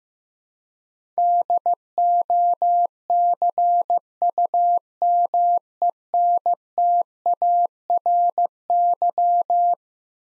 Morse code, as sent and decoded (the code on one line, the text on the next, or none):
-.. --- -.-. ..- -- . -. - .- .-. -.--
DOCUMENTARY